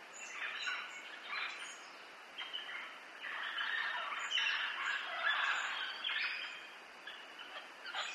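Parrots calling in a chattering flock, harsh squawks mixed with short high chirps and whistles throughout.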